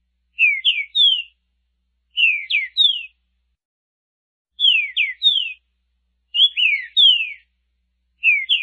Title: Canto De Trinca Ferro Voz 06. TODOS OS CANTOS DE TRINCA FERRO [14 tipos de canto de trinca ferro em um só vídeo]